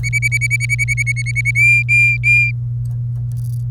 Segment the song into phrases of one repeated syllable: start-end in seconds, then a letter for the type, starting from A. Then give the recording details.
0.03-1.51 A, 1.55-2.52 B. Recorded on 27 April 2018 at 08:03. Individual llb3